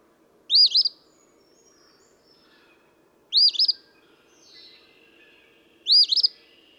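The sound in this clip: Eastern phoebe song, three buzzy two-note phrases given roughly every three seconds, each sharp and rasping, with soft chirps from other birds in between.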